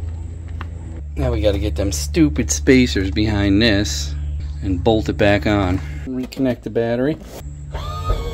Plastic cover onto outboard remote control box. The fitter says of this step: get this cover back on. just snaps on.